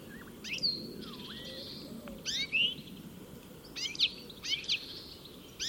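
Bird calls as sparse high chirps and whistled notes, in several short bursts spread throughout over a steady low background hum.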